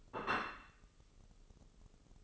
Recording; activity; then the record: daily activity, microphone in the room; place plate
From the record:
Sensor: 4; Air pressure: 996.0 hPa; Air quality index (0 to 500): 62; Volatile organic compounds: 2 ppm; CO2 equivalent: 1090 ppm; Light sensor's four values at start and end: 13/37/13/13 and 13/37/13/13